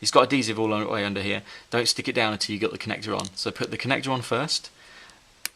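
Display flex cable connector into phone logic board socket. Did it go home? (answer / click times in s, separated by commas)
yes / 5.5 s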